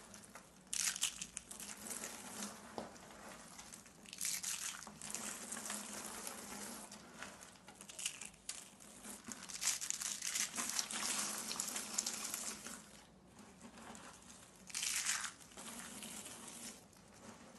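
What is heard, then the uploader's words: Soap being crushed, with a continuous gritty, crackling texture that swells and fades in waves. Brighter crunching bursts stand out near 1, 4, 9–12 and 15 seconds, over a steady low hum throughout. ASMR SOAP CRUSHING COMPILATION.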